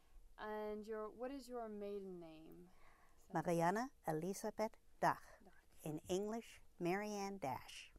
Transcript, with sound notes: And what is your maiden name?
Marianne Elisabeth Dach (German pronunciation) in English, Marianne Dash.